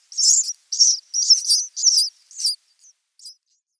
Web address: Schulze Peter House Sparrow nestlings